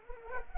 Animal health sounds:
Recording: mosquito wingbeat signal from an infrared sensor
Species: Culex pipiens

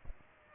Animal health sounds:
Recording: mosquito wingbeat signal from an infrared sensor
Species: Aedes aegypti

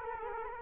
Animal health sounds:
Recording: mosquito wingbeat signal from an infrared sensor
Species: Culex quinquefasciatus

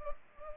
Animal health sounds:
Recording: mosquito wingbeat signal from an infrared sensor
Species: Culex pipiens

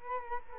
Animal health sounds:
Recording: mosquito wingbeat signal from an infrared sensor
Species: Culex quinquefasciatus

